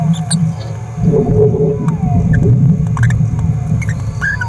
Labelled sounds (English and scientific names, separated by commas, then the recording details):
Green-rumped Parrotlet (Forpus passerinus) babbling
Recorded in a nest box in Venezuela
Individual 18B17A3